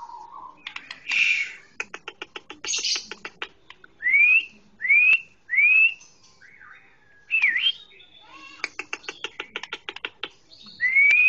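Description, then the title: Oriental magpie-robin song with fast dry ticking rattles alternating with clear upward-slurred whistles, about one every second, then more rattles and a final rising whistle. Long-duration chirping recording, over an hour long. "Kicau Kacer"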